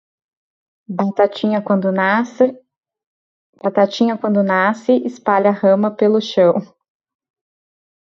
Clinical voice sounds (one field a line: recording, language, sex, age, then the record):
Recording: short text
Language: Brazilian Portuguese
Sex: female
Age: 40 to 49 years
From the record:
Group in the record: control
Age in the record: 41 years